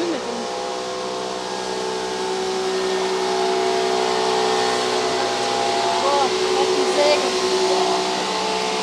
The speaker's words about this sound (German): Sägeblätter mit 3,5 Meter Durchmesser, Diamant bestückt, schneiden durch Stein wie ein Messer durch Butter.